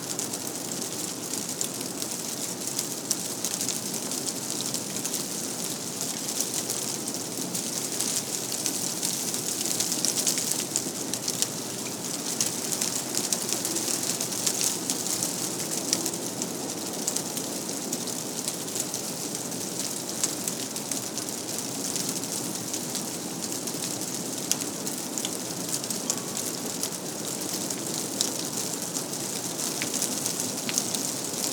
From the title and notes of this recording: Frozen February Storm. Listen as the icy rain sprinkles and crackles outside with the bitter wind.